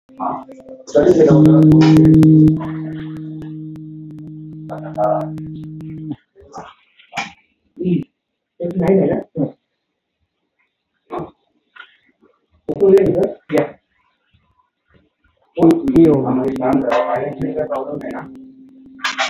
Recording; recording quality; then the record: sustained vowel as in beet; moderate, slight background noise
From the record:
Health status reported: exposed to COVID-19, no respiratory illness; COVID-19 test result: not tested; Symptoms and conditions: none ticked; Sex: male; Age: 32 years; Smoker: not ticked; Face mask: not worn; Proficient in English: yes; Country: India